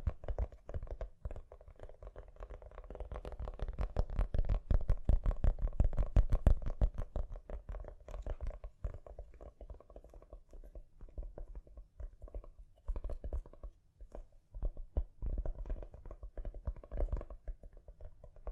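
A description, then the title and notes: Gentle tapping in quick, irregular runs, with soft low thuds and short bright clicks. The taps crowd together and grow louder around the middle, then thin out into scattered bursts with brief pauses, picking up again near the end. ASMR Gently Tapping. (No Talking).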